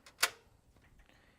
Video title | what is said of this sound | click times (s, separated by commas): How to Swap a HDD & SSD in an R5 | we're going to go ahead and insert it back in to our second slot here hear the click | 0.2 s